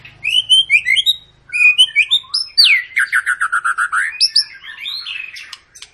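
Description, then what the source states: White-rumped shama song: loud fluty whistled phrases, then a fast run of repeated descending notes, ending in softer rising whistles. Long 'pancingan' lure song of a vigorously singing ('gacor') bird, used to prompt other birds to sing.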